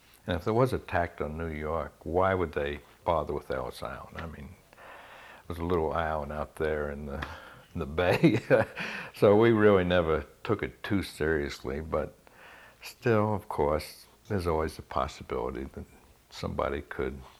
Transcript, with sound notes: And if there was an attack on New York, why would they bother on Ellis Island. I mean, it was a little island out there in the bay. (he laughs) So we really never took it too seriously but, still, of course, there's always the possibility that somebody could